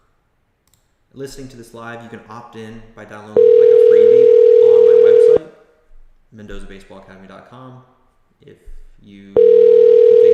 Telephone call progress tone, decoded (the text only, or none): ringback tone